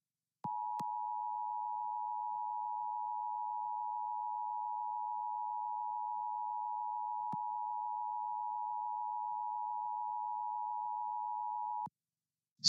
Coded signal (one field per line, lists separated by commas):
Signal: Emergency Alert System (SAME) tones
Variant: 853 and 960 Hz attention tone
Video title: LIVE AM/MW DX: DX Central Live - S. 3, Ep. 16 | Friday, January 20, 2023